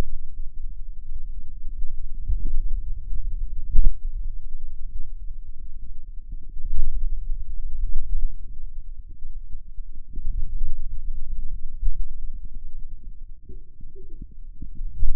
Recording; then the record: forearm muscle sounds (acoustic myography)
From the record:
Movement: finger pinch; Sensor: system 2, bracelet of six BSWA MPA416 microphones around the upper forearm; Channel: 5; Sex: male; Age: 22 years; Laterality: right